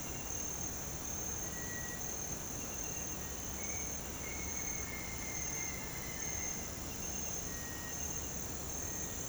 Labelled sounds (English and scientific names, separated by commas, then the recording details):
Cinereous Tinamou (Crypturellus cinereus)
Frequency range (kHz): Cinereous Tinamou (Crypturellus cinereus) 1.3-2.4 kHz
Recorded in pastures near Puerto Asís, Putumayo, Colombia, on 21 March 2025 at 06:30
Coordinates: 0.472, -76.329
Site G074